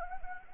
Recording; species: mosquito wingbeat signal from an infrared sensor; Anopheles gambiae